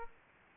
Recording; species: mosquito wingbeat signal from an infrared sensor; Aedes aegypti